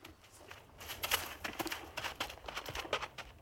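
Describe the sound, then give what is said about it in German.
Horse hooves clop along at a slow walking pace as a rider turns his horse and rides slowly away, a steady series of sharp, uneven knocks on hard ground with no voices over them. “Der Baron wandte sein Pferd, zog die Zügel an und ritt langsam davon.”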